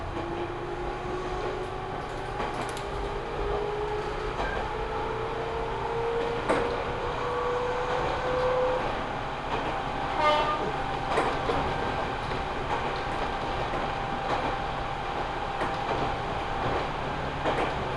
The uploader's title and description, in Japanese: 鉄道旅 水口・蒲生野線 八日市→貴生川。近江鉄道の南部を走る路線、水口を通りながら貴生川へと抜けていきます。